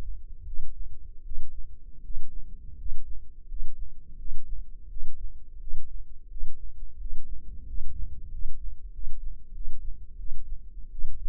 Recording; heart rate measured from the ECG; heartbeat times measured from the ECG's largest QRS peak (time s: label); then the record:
heart sounds by microphone in the left ear; 86 bpm
0.45 s: heartbeat
1.23 s: heartbeat
2.02 s: heartbeat
2.76 s: heartbeat
3.47 s: heartbeat
4.17 s: heartbeat
4.88 s: heartbeat
5.59 s: heartbeat
6.28 s: heartbeat
6.98 s: heartbeat
7.65 s: heartbeat
8.30 s: heartbeat
8.91 s: heartbeat
9.53 s: heartbeat
10.17 s: heartbeat
10.90 s: heartbeat
From the record:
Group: healthy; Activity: rest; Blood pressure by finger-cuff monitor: 128/71 mmHg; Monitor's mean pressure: 84 mmHg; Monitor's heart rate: 86 bpm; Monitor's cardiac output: 7.8 L/min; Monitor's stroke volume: 90 mL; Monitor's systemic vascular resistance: 800 dyn s/cm5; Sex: male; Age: 23 years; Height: 179 cm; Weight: 87 kg